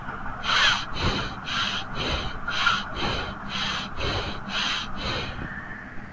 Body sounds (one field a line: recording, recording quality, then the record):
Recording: shallow breathing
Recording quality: excellent, no background noise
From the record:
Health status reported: healthy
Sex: male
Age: 24 years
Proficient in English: yes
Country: India